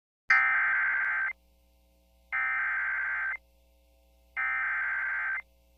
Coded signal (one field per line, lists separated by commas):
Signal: Emergency Alert System (SAME) tones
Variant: header bursts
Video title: Drew's EAS Archive #1: CRS Alerts (2015-2016)